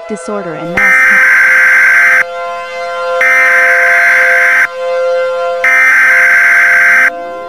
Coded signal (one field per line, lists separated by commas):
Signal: Emergency Alert System (SAME) tones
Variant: header bursts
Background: speech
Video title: The Last War: An EAS Scenario